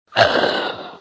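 A single abrupt adult cough burst starts sharply and fades over about a second, with no further coughs. It is one isolated cough.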